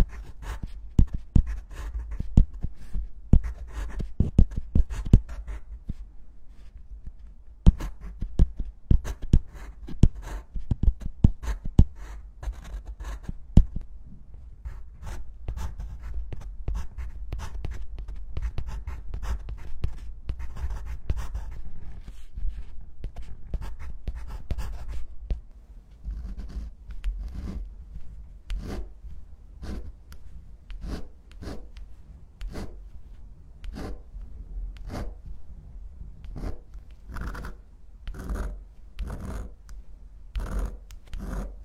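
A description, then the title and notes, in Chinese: Pencil and pen writing on paper, a dense run of short scratchy strokes throughout. The first half has sharper, louder taps and pauses between bursts; after about 25 seconds the strokes become softer, steadier and more evenly spaced, with brighter scratches near the end. 铅笔、钢笔写字声。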